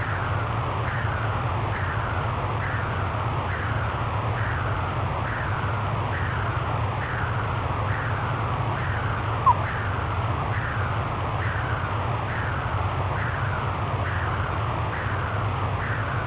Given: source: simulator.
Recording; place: transcranial Doppler ultrasound of blood flow; middle cerebral artery (MCA)